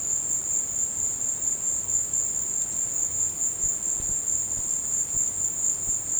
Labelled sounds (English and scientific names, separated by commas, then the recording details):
none
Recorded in dense forest near Puerto Asís, Putumayo, Colombia, on 22 December 2024 at 15:00
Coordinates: 0.466, -76.327
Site G075